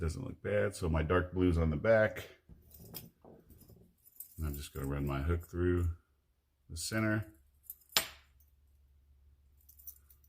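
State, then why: Seated. Someone talks while running a hook through the center of a rubber/silicone skirt, with the dark blue on the back, and pushing it past the hook point up onto the plastic/lead collar of a spinnerbait head. Small handling ticks and rustles come between the talk. The skirt snaps into place on the collar with a sharp click at 8.0 s, and it is seated.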